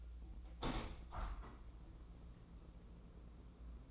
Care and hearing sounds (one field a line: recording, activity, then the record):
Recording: daily activity, microphone in the room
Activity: open window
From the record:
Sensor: 1